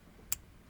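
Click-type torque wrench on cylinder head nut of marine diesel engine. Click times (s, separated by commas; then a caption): 0.3 s. A click-type torque wrench tightens the next cylinder head nut on a marine diesel engine. A single sharp, bright click sounds at 0.3 s, signalling that the set torque has been reached, against quiet low background noise.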